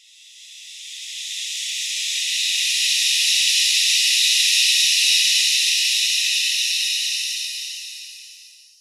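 Snake hissing, one long breathy hiss that swells steadily then fades over about nine seconds, no other sounds.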